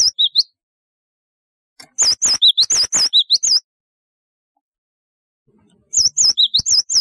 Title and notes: Kicau Burung Gelatik